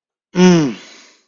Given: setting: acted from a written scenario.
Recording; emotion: vocal sound without words; desire